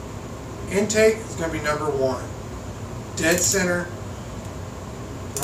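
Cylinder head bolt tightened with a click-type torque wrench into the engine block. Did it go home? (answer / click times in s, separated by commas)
yes / 5.4 s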